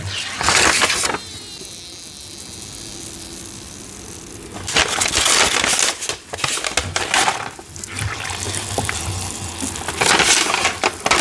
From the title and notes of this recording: Dying a Big Batch of Gym Chalk Deep Blue. ASMR Pouring Dye Over Soft Gym Chalk.